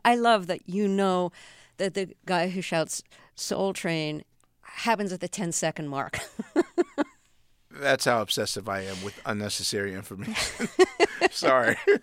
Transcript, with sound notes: I love that you know that the guy who shouts soul train happens at the 10 second mark.
(LAUGHTER)
That's how obsessive I am with unnecessary information.